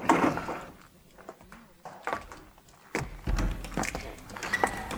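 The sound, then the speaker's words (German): A door is opened with a series of scraping creaks and clunks, then a heavier low thud about midway, followed by more rattling handling noise, moderately loud, with no voices. “Hinter der Tür dort muss der Transmitter stehen.”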